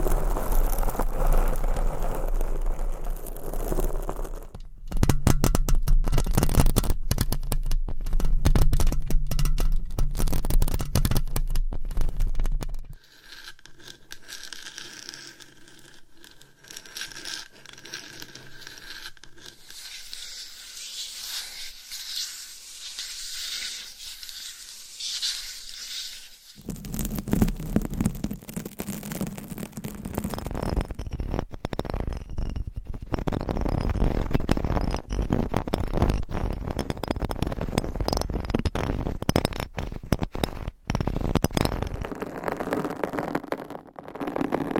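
Nails scratch across microphone covers in dense, rough bursts, loud and low-heavy at first, then thin and hissy midway before heavy scraping returns.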